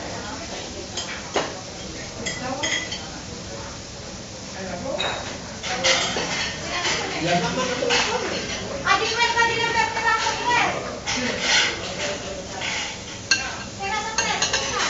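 Busy chatter in a Barcelona bar, voices overlapping steadily while dishes and cutlery clatter in frequent sharp bursts, busiest around the middle.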